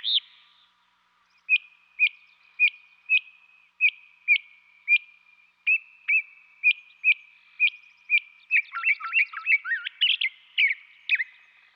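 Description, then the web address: Northern mockingbird with a sharp chip note repeated roughly every half second, then a tumbling medley of varied whistles and trills near the end. Western North America. "Dan Gibson Wildlife Identification By Sound, Western North America. Northern Mockingbird"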